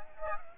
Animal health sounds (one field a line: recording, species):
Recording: mosquito wingbeat signal from an infrared sensor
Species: Aedes aegypti